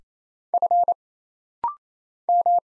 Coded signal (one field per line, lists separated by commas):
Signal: Morse code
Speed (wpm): 28 wpm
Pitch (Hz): 700 Hz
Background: none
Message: F M